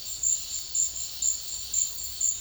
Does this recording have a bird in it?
no